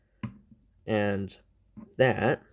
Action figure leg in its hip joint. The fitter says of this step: the hip joints are kind of cool so this part I don't really like they kind of Click into place so it's that that